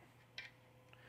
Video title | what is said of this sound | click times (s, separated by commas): Peak Design Travel Tripod + Accessories Setup + Tips | just push up and rotate it'll click into place it doesn't matter which orientation you go in it's got three-way entry | 0.4 s